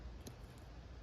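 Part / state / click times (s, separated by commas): dart into blowgun mouthpiece / seated / 0.3 s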